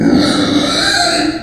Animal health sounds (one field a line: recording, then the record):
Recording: squeal of a Yucatan mini pig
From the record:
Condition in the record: before surgery on the right vocal fold (resection and tissue-engineered implant)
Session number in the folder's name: 3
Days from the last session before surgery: 0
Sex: female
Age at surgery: 19 weeks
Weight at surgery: 25 kg